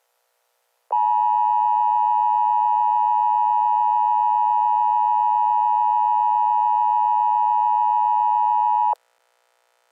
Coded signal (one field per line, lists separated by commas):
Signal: Emergency Alert System (SAME) tones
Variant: 853 and 960 Hz attention tone